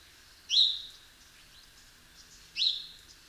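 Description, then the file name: House sparrow chirps, two short bright notes about two seconds apart, over a faint steady background hiss. "Passer domesticus"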